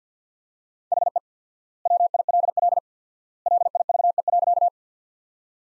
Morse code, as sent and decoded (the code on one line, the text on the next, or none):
.... . / .-- .. .-.. .-.. / .-.. .. ...- . .-.-.-
HE WILL LIVE.